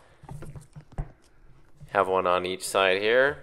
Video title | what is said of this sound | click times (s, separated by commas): Vacuum Pump Replacement Yukon, Tahoe, Suburban, Sierra, Silverado, Escalade 6.2L 5.3L 2015-2020 | for our vacuum hoses we just uh push them from behind here until they click into place | 1.0 s